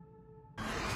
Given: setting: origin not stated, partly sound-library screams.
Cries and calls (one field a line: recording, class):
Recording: one-second piece from a danger detection set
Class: woman in danger